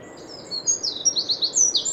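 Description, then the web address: Eurasian wren singing: a fast string of very high, sharp notes and short trills that grows louder midway and keeps a steady, rattling rhythm. "SETE Troglodytes troglodytes"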